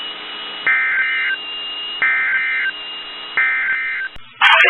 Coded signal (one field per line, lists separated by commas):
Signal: Emergency Alert System (SAME) tones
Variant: end-of-message bursts